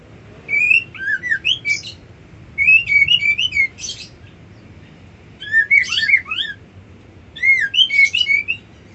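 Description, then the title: White-eye song given as four short, rapid twittering phrases of high slurred chirps, separated by pauses. Song style known locally as ngerol ngalas. "Suara Burung Pleci Ngerol Ngalas"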